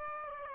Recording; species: mosquito wingbeat signal from an infrared sensor; Aedes aegypti